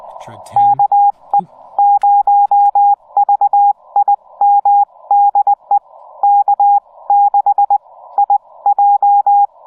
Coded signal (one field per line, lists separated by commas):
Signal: Morse code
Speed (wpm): 19 wpm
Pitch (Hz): 810 Hz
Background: speech, radio noise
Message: KE0VIM DE K6IJ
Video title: POTA at Arches National Park, from DELICATE ARCH!